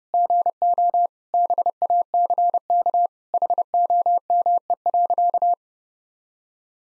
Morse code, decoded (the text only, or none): GO BACK HOME.